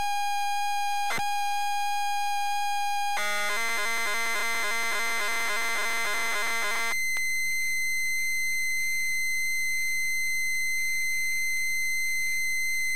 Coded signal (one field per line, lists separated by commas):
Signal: ZX Spectrum tape loading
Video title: ZX Spectrum New Zealand Story